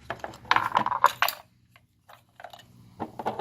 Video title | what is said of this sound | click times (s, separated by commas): Mitsubishi Lancer Spark Plug Replacement 2009-2017 | the car lights back on make sure it clicks the | 1.2 s